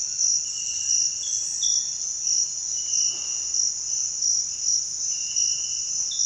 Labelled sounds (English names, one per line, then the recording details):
none
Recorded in dense forest near Puerto Asís, Putumayo, Colombia, on 29 June 2025 at 06:30
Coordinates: 0.466, -76.327
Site GP04